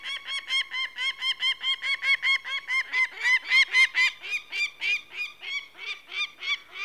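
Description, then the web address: Peregrine falcon cackling continuously: a long chain of grating, rapid notes, swelling louder in the middle and easing slightly later. "BBC Sound Effects Library. Peregrine Falcon"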